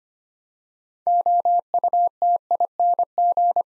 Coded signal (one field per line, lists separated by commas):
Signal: Morse code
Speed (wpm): 25 wpm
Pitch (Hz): 700 Hz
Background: none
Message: OUTING